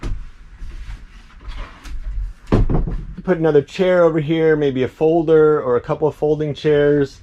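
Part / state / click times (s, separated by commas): folding table lock in a bus wall mount / seated / 2.5 s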